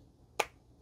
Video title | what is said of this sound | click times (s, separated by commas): Green S24 Ultra i-Blason Armorbox - Very Tough Case | And you'll get to hear a click, boom, | 0.4 s